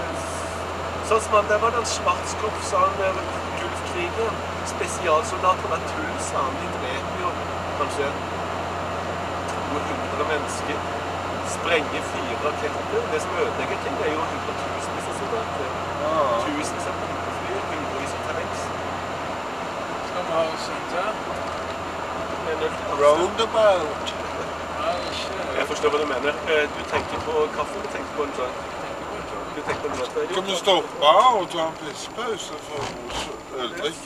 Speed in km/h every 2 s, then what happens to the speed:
76, 77, 78, 79, 80, 80, 80, 80, 80, 79, 76, 75, 70, 66, 62, 50, 37.
0-17 steady at about 80. 17-34 slows to 37.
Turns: none.